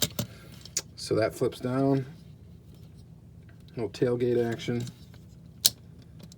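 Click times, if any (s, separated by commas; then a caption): 5.7 s. Someone talks while closing the hinged tailgate of a 1:64 diecast metal model car by hand, and light tapping and handling clicks sound around it. The tailgate snaps shut into the body with a sharp click at 5.7 s, seating in place, though the close fit is a worry for chipping the paint.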